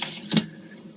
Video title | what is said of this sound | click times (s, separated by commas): Changing paper and ribbon on Brava 21 | it's spring-loaded on the left so just snap it into place and then | 0.3 s, 0.4 s